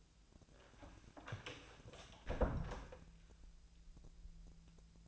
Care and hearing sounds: daily activity, microphone in the room; close door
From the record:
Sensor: 2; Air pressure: 1000.3 hPa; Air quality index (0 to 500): 162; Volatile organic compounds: 3 ppm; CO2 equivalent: 1351 ppm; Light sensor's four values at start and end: 10/24/10/11 and 10/24/10/11

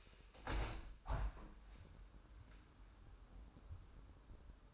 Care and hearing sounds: daily activity, microphone in the room; open window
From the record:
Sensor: 2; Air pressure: 998.5 hPa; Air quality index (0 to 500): 128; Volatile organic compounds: 3 ppm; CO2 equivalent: 1450 ppm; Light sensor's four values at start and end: 6/15/6/7 and 6/15/6/7

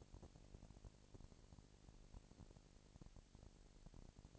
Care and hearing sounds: daily activity, microphone in the room; no activity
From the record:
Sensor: 5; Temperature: 19.8 degrees Celsius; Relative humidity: 36.7%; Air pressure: 997.0 hPa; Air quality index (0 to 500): 169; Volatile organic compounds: 14 ppm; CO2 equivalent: 2441 ppm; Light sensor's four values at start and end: 2/3/1/1 and 2/3/1/1

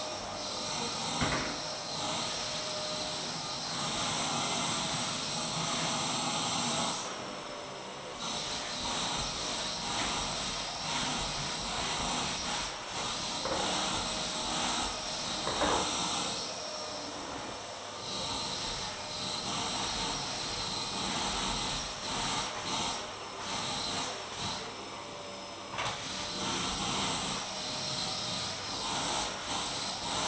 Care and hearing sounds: daily activity, microphone in the room; vacuum cleaning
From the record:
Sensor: 3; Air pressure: 999.2 hPa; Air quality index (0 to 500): 203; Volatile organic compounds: 50 ppm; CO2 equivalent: 3301 ppm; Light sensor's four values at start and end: 7/17/7/6 and 7/17/7/6

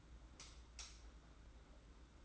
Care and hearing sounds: daily activity, microphone in the room; light off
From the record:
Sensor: 3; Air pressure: 991.9 hPa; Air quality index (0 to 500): 223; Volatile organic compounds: 1000 ppm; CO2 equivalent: 7649 ppm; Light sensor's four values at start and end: 23/61/24/21 and 16/39/15/14

